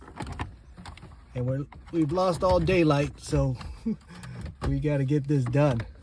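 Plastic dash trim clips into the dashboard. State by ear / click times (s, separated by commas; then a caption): not seated / none. Plastic dash trim around the radio of a Toyota RAV4 is handled as it is about to be pressed back into the dashboard, with a few faint handling taps early on and later while someone talks. Nothing has seated or clicked into place yet.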